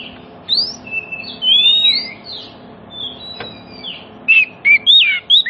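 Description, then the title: Oriental magpie-robin song: long smooth whistles sliding up and down, a brief click, then a few quick bright notes near the end, over low hum. Oriental magpie-robin song that prompts other magpie-robins, including ones that have stopped singing, to answer and sing within minutes. "Cukup Hitungan Menit Kacer Lain Bisa Bunyi. CUKUP 5 Menit Kacer LAIN NYAUT JADI GACOR, PANCINGAN KACER MACET BUNYI"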